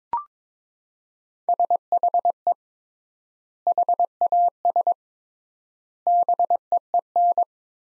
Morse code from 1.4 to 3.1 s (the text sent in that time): SHE